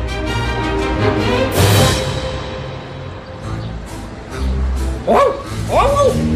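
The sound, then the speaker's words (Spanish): A man imitates a dog, letting out a loud burst of barking and then a few high, yelping yips with rising and falling pitch, over a steady low background. “Tu padre está ladrando, cariño.”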